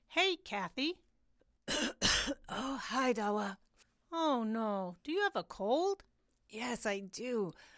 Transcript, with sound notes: Hey Kathy!
[coughing, congested voice] Oh, hi Dawa.
Oh no, do you a cold?
Yes, I do.